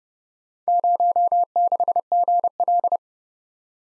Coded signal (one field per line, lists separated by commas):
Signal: Morse code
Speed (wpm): 30 wpm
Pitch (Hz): 700 Hz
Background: none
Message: 06GL